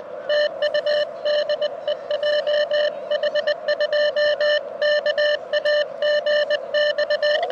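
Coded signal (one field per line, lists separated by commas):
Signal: Morse code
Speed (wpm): 20 wpm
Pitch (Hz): 590 Hz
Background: radio noise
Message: TU DE JH2KAG X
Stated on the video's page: Park-to-park POTA CW contact by a beginner operator, calling other park activators at dusk after activating a park.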